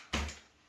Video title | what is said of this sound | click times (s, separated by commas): Samsung Jet 70 Series Cordless Stick Vacuum Unboxing | up so you just put it in and when you put it in you should hear one click then when you fish just slide tops | 0.1 s